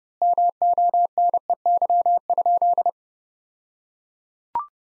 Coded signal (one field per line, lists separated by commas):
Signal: Morse code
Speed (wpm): 30 wpm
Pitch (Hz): 700 Hz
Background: none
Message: MONEY?